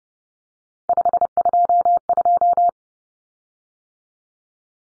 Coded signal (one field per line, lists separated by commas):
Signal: Morse code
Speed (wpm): 30 wpm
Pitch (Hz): 700 Hz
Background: none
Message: 522